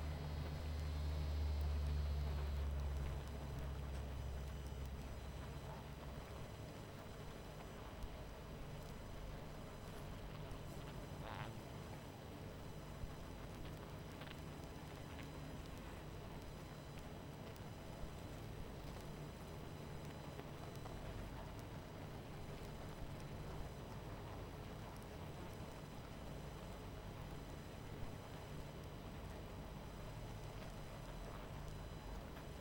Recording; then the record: honeybee colony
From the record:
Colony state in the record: missing queen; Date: 14 July 2017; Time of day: 22:43